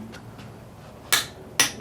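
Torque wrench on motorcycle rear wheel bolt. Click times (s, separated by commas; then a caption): 1.1 s, 1.6 s. A 3/8 torque wrench set to the 60 Nm spec is pulled on a rear wheel bolt of a motorcycle until it clicks at its setting, confirming the bolt is torqued. Two sharp metallic clicks sound at 1.1 s and 1.6 s over a quiet background. No talking is heard.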